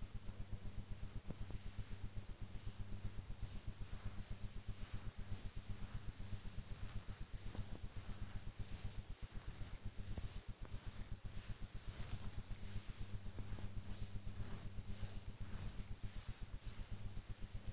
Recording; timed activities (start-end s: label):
household activities, microphone on the right wrist
0.00-17.73 s: petting the dog